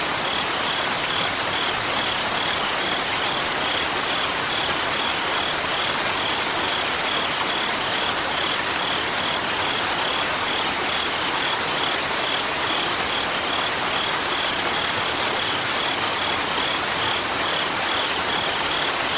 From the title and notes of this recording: Relaxing Waterfall and Crickets Chirping. Ambient nature sounds.